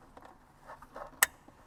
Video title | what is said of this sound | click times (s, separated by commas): Bigger Sound in Your 2024 Honda Ridgeline - Beat-Sonic Encore α Power Amplifier | all right you want to hear it click into place | 1.2 s